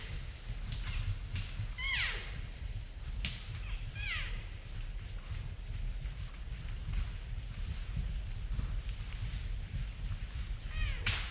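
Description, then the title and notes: Roosevelt elk making a few high, falling mewing calls, with scattered clicks and a constant low rushing of water. Elk herd moving, late September 2023, Queets and Quinault rainforest river valleys; distant river wash in the background. "Roosevelt Elk herd movement. Roosevelt Elk, or Rainforest Elk or Olympic Elk. late September 2023. Queets and Quinalt Rainforest River Valleys"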